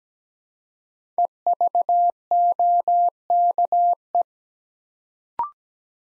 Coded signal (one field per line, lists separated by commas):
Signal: Morse code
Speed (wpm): 17 wpm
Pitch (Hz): 700 Hz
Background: none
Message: EVOKE